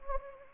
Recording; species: mosquito wingbeat signal from an infrared sensor; Anopheles gambiae